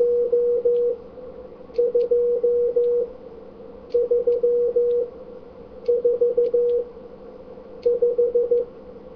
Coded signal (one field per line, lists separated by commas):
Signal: Morse code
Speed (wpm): 14 wpm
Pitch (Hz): 480 Hz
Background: radio noise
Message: O 2 3 4 5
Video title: Morse Watch Again 08-02-2011 - 1 / 3